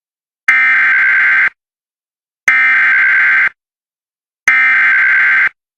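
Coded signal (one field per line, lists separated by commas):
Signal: Emergency Alert System (SAME) tones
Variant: header bursts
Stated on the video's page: Simulated nationwide activation in a hypothetical mock broadcast with realistic audio design.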